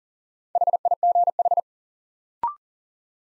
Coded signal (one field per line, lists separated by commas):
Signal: Morse code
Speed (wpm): 40 wpm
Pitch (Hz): 700 Hz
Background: none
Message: HIGH